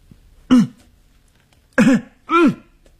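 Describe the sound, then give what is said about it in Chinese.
Three loud, rough coughs with no talking: a single hack, a pause of over a second, then two more in quick succession, each with a low, voiced, throaty rasp. A person coughs loudly while walking along a dormitory corridor toward the stairs. “但是他必须得下楼啊，他咬着牙走过去，他大声地咳嗽。”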